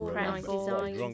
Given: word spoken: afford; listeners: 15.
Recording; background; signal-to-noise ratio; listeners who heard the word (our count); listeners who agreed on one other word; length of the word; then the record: one English word in noise, from a listening test; four-talker babble; -2.7 dB; 0 of 15; 9 of 15; 0.74 s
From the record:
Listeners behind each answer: 9, 2, 2, 1, 1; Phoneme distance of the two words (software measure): 40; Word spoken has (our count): 2 syllables, 4 phonemes, stress on syllable 2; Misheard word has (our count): 1 syllable, 4 phonemes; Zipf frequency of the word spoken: 4.76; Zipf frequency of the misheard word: 4.89